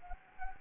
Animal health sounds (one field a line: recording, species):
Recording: mosquito wingbeat signal from an infrared sensor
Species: Anopheles gambiae